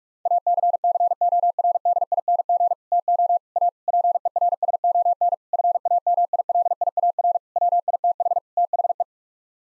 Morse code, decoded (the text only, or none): ACCORDING TO A PERSON FAMILIAR WITH THE